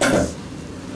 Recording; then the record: coughing mixed with background sound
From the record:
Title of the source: Residual Phlegmy Morning Coughing and Gagging